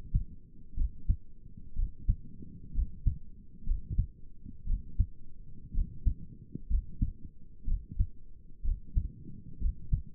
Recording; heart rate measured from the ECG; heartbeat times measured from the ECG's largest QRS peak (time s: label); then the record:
heart sounds by stethoscope; 61 bpm
0.77 s: heartbeat
1.77 s: heartbeat
2.75 s: heartbeat
3.67 s: heartbeat
4.67 s: heartbeat
5.75 s: heartbeat
6.70 s: heartbeat
7.68 s: heartbeat
8.65 s: heartbeat
9.61 s: heartbeat
From the record:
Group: healthy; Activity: rest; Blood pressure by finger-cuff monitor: 79/50 mmHg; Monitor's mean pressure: 61 mmHg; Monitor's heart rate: 62 bpm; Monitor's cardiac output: 5.5 L/min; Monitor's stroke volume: 91 mL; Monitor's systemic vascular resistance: 770 dyn s/cm5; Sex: male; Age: 22 years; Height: 181 cm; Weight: 79 kg